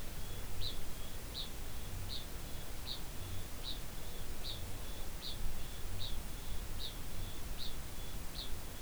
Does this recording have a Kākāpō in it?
yes